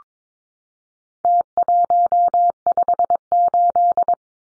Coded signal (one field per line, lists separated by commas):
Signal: Morse code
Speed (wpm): 22 wpm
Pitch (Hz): 700 Hz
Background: none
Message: T158